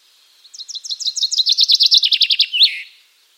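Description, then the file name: Common chaffinch singing a rapid rattling trill of repeated notes that descends toward the end and finishes with a quick rising-falling flourish. "Fringilla coelebs"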